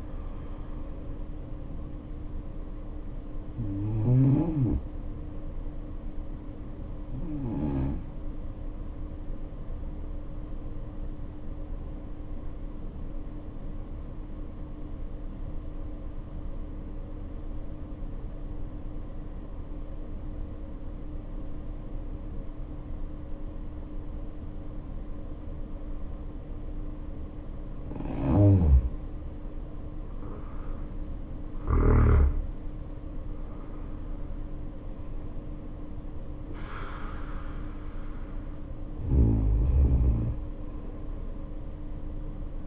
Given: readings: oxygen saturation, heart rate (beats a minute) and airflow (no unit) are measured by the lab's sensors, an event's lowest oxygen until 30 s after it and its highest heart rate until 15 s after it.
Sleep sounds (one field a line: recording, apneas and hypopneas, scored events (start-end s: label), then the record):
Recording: breathing in sleep by a smartphone at the bedside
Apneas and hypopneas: 1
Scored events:
7.00-42.67 s: new sleep stage, N2 (light sleep)
12.00-28.90 s: obstructive apnea (N2, oxygen 95% highest, then 76% lowest, heart rate 57 at the start, 74 highest)
From the record:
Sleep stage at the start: N1 (lightest sleep)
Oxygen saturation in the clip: 73 to 95%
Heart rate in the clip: 55 to 74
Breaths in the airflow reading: 6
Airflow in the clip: -7.3 to 9.1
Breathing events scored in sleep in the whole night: 520 in 7.2 hours asleep